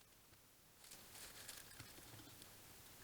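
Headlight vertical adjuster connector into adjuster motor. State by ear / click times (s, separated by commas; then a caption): not seated / none. The electrical connector for the vertical adjuster is being handled on a Volvo S70/V70/C70 headlight during assembly, ready to be pushed onto the adjuster motor inside the headlight housing. Soft rustling and handling noise fill the clip, with brief sharper ticks near 1.8 and 2.4 seconds. The connector has not clicked into place yet.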